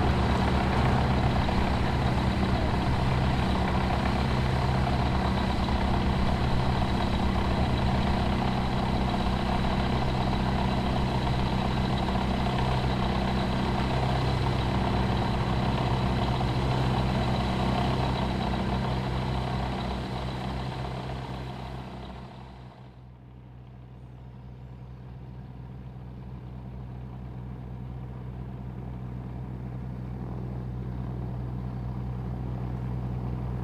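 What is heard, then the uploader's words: A light aircraft engine runs steadily and loudly, a dense low drone with a bright hiss above it, as if idling or taxiing. Around twenty-three seconds it cuts back sharply, the hiss vanishing and the level dipping, then a lower rumble slowly builds again. Archerfield Light Aircraft (field recording). Composite field sound recording from Archerfield Airport near Brisbane, Australia. Sounds include aircraft taking off, landing and taxiiing as well as other airport sounds. Sound recording by G R Legge, 24 bit, 192kHz with a Sony PCM-D100.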